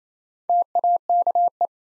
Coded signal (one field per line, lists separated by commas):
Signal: Morse code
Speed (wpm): 28 wpm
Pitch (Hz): 700 Hz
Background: none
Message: TAKE